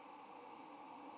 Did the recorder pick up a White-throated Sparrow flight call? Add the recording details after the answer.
no. No flight call is heard. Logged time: 04:41 on 8 November 2014